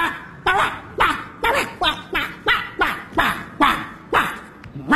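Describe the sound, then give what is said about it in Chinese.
A security guard imitates a dog to address a neighbourhood dog that had charged at a child, letting out a quick, steady string of about ten loud, throaty barks with short gaps between them, with no other talking. “那看见了吧，掌握一门外语是多么的重要。我还得对这个狗进行批评和教育 啊。”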